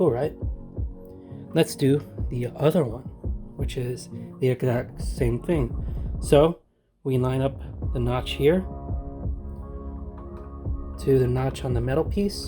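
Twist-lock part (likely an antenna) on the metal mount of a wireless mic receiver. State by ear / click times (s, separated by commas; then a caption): not seated / none. Someone talks over background music while lining up the notch on a twist-lock part, likely an antenna, with the notch on the metal mount of a FiFine K040 Handheld Wireless Microphone receiver, before pushing and twisting it home. The sound cuts to near silence briefly around 6.5 to 7.0 seconds. Nothing has seated or clicked yet.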